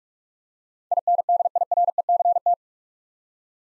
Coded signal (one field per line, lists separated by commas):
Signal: Morse code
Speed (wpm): 46 wpm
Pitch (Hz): 700 Hz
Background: none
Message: INDIRECT